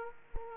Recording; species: mosquito wingbeat signal from an infrared sensor; Aedes aegypti